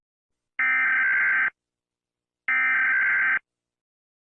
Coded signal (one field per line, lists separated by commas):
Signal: Emergency Alert System (SAME) tones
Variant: header bursts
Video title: IXL’s revenge - a EAS scenario